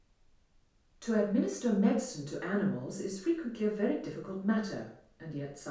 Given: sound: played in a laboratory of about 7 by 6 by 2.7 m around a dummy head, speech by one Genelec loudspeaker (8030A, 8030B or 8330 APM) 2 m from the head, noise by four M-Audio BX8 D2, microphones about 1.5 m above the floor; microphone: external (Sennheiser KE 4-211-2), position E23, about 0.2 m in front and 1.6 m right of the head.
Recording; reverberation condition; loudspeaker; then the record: female speech in English; medium; 90 degrees to the left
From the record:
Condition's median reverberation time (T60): about 510 ms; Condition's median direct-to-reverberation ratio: about -0.5 dB